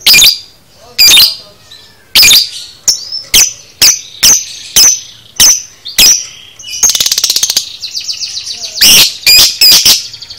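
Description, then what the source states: Lovebird squeaking: repeated sharp shrill chirps, a rapid buzzy rattle midway, then softer high twittering among further chirps. Masteran lovebird sounds, made for training cage birds.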